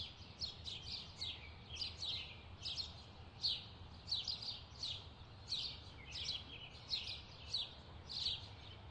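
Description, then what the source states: Birds chirp in a steady stream, short bright downslurred notes in pulsing bunches, low hum beneath. Bird chirping ambience.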